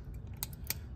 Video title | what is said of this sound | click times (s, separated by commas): 1st Products MULTI-drill ND-60T Planting mixes | clicked in all right so | 0.7 s